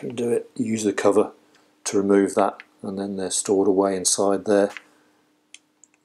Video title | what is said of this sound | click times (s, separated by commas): Sonel MIC-5 Insulation Tester Review | and then you can clip it on when you hear it latch on so | 5.5 s